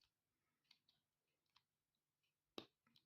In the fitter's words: There we go. You can hear the click and it goes a little bit more stiffer.